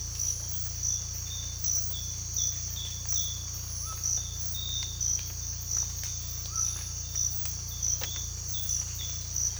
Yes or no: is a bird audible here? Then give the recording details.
no. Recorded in secondary vegetation near Puerto Asís, Putumayo, Colombia, on 18 December 2024 at 06:00. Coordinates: 0.484, -76.319. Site GP06